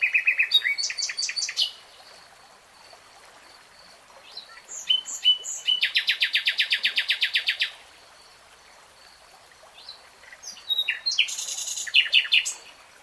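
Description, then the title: Nightingale song mixing a fast rattle, varied chirps, a long pulsed trill of about two seconds, and further twittering phrases after pauses. Nightingale singing in real time. "[Tiếng chim hót] 3 Hours REALTIME Nightingale Singing"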